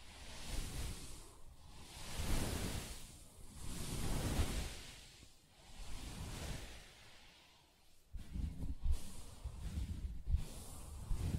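Soft scratching and rubbing on a fabric surface in slow, swelling strokes about every second or two, with duller taps near the end.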